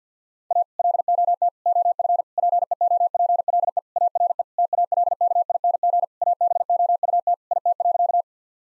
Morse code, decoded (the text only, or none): A LOT OF PEOPLE ARE TALKING ABOUT IT.